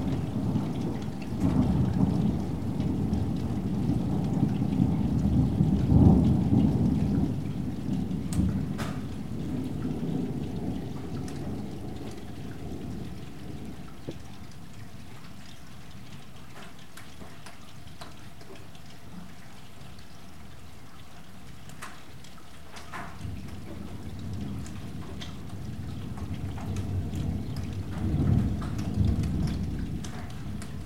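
Rain falls steadily through a thunderstorm, with deep rumbling thunder swelling near six seconds, easing mid-clip, then rolling back in toward the end.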